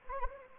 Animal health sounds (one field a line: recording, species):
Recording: mosquito wingbeat signal from an infrared sensor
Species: Anopheles arabiensis